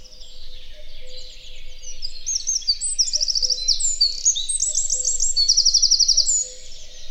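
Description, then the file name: Eurasian wren delivering a vigorous high song of quick notes and several fast rattling trills, with a faint steady hum underneath. "Troglodytes troglodytes"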